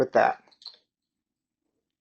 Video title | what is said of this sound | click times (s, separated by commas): 1976 Kawasaki KZ400 Build Continuing Assembly part 2. Episode 13 | And not really clicking in there well. So, we just need to bend. There's a little | none